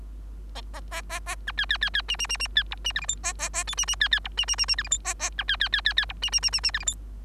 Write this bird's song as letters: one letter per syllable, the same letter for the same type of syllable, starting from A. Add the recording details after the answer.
A A A A B C C C C D D D D C E D F G H A A A I D D C C E D D D D F G H A A B C C C C C E D D D D D F G H. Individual Bird3